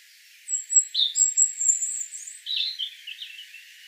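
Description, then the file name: European robin song beginning with a very high, thin drawn-out whistle, then dropping into a lower series of quick, tumbling warbled notes. "Erithacus rubecula"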